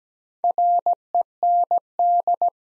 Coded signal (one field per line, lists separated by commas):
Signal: Morse code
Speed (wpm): 17 wpm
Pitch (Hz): 700 Hz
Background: none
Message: REND